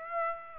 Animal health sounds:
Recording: mosquito wingbeat signal from an infrared sensor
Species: Aedes aegypti

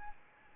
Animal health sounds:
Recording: mosquito wingbeat signal from an infrared sensor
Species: Anopheles arabiensis

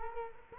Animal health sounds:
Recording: mosquito wingbeat signal from an infrared sensor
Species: Culex quinquefasciatus

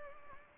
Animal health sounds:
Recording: mosquito wingbeat signal from an infrared sensor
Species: Anopheles gambiae

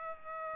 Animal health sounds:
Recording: mosquito wingbeat signal from an infrared sensor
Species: Culex pipiens

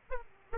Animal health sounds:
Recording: mosquito wingbeat signal from an infrared sensor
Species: Aedes aegypti

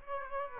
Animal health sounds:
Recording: mosquito wingbeat signal from an infrared sensor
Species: Aedes aegypti

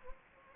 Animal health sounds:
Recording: mosquito wingbeat signal from an infrared sensor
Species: Anopheles gambiae

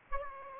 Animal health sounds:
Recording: mosquito wingbeat signal from an infrared sensor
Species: Aedes aegypti

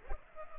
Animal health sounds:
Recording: mosquito wingbeat signal from an infrared sensor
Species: Culex pipiens

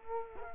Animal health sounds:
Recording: mosquito wingbeat signal from an infrared sensor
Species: Culex quinquefasciatus

